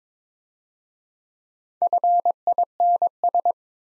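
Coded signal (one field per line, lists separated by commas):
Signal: Morse code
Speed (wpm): 22 wpm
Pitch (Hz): 700 Hz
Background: none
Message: FINS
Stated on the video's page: Easy-word Morse practice at 17 wpm with contextual hints.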